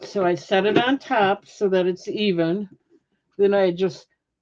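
A lid is set evenly on top of a storage container while someone talks. Nothing has snapped shut or seated yet by the end of the clip.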